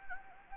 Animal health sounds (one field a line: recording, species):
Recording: mosquito wingbeat signal from an infrared sensor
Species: Anopheles gambiae